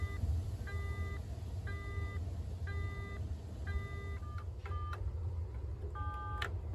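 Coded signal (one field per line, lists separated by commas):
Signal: none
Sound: a payphone's beeps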